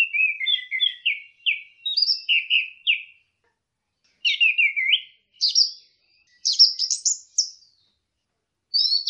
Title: Burung Anis Merah